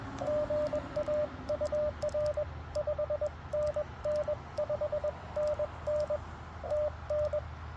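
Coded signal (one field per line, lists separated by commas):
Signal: Morse code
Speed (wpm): 21 wpm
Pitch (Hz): 600 Hz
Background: radio noise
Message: GA UR 5NN 5NN TN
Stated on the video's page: Portable CW on a QMX during a park activation of a wildlife management area, after trying out antenna ideas.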